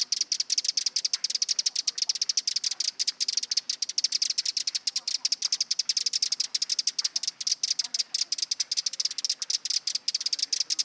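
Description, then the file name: Eurasian wren churring with a dense, rapid rattle of hard ticks that barely pauses across the whole stretch. "Troglodytes troglodytes"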